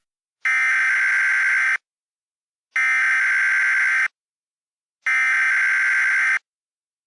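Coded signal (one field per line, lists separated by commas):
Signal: Emergency Alert System (SAME) tones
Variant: header bursts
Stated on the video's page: Simulated mock alert, voiced recreation.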